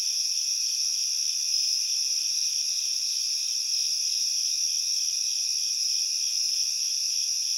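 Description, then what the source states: Crickets chirping in a dense, steady, high-pitched trill, continuous throughout with no other clear sounds. Heavy cricket chorus recorded at night in a backyard.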